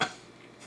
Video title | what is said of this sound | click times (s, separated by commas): Transformers Titans Return Trypticon Part 1 City Mode and Siege Brunt | until it locks into place. | 0.0 s